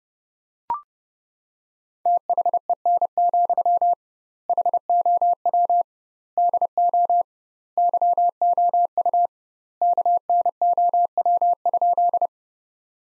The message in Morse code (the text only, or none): THEN, HOW DO YOU KNOW?